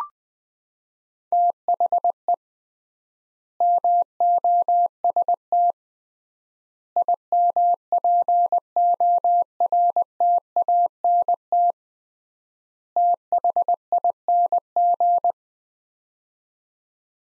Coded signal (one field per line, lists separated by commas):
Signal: Morse code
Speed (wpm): 21 wpm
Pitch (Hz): 700 Hz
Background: none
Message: THE MOST IMPORTANT THING